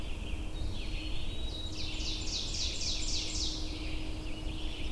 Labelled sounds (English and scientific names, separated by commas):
Ovenbird (Seiurus aurocapilla) song